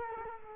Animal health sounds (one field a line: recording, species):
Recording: mosquito wingbeat signal from an infrared sensor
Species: Culex quinquefasciatus